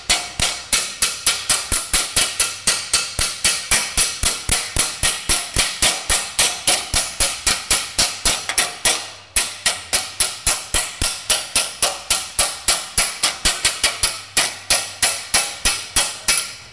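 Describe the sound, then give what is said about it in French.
Rapid, steady hammer blows ring out on welded aluminium sheet metal against a dolly as the panel is straightened and shaped into a rebuilt part, dozens of sharp bright metallic taps in a quick even rhythm, with one brief pause midway, no talking. “Et là, avec un marteau, en tapant sur le tas, je redresse et j'ajuste la tôle en fonction de là où je veux l'amener.”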